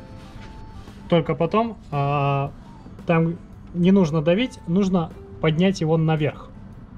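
Someone talks while handling the brewing unit of a Dr Coffee F2 coffee machine as it is put back in, not pressed in but lifted upward toward its mounts. A faint steady hum runs under the speech. Nothing has seated or clicked yet.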